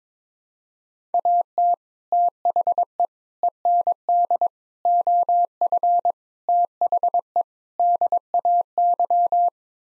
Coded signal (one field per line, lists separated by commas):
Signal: Morse code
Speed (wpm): 22 wpm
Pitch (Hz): 700 Hz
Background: none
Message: AT THE END OF THE DAY